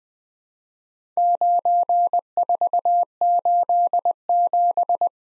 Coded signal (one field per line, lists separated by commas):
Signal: Morse code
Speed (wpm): 20 wpm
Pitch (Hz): 700 Hz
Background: none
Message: 9487